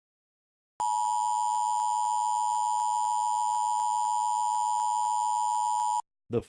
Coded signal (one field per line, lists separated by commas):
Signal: Emergency Alert System (SAME) tones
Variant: 853 and 960 Hz attention tone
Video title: EAS Scenarios: World War 3 Part 1